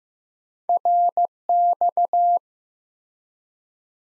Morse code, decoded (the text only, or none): RX